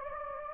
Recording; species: mosquito wingbeat signal from an infrared sensor; Anopheles gambiae